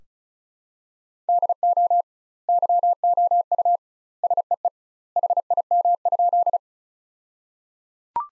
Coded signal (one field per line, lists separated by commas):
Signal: Morse code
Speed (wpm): 35 wpm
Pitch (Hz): 700 Hz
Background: none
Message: DO YOU SEE HIM?